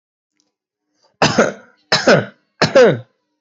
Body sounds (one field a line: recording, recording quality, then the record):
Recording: heavy voluntary cough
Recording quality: excellent, no background noise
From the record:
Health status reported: healthy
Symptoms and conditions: muscle pain, diabetes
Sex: male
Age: 36 years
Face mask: not worn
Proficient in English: yes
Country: India